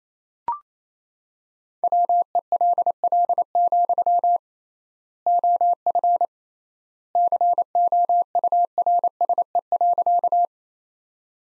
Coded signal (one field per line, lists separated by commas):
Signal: Morse code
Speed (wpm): 28 wpm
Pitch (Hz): 700 Hz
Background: none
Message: WELL, OF COURSE.